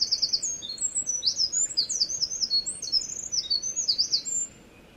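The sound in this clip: Wren song already underway, a fast, shrill stream of tinkling notes and short trills that stops suddenly, followed by a moment of quiet hiss.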